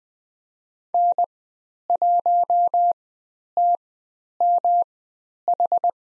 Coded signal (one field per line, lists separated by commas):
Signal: Morse code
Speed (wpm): 20 wpm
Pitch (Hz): 700 Hz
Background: none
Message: N1TMH